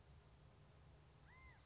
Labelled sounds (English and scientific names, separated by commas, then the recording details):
California Quail (Callipepla californica)
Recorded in Sonoma County, California